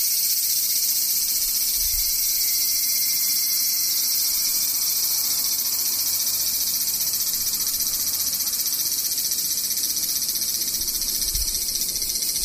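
Cicadas drone in a dense, unbroken chorus, a bright shrill buzz that holds steady for the whole twelve seconds with no pauses. Faint low thumps sit underneath, most noticeable near the two-second mark and again around eleven seconds.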